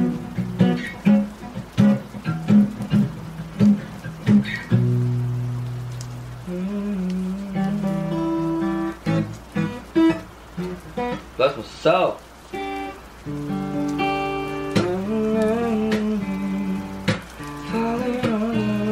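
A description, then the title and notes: Guitar is played and a voice sings while rain falls. The first five seconds carry a series of short, separated bursts, then longer sustained singing with steady pitched tones follows, with quick breaks near twelve seconds. A constant low hiss of rain runs underneath throughout. Playing the guitar and singing while it's raining.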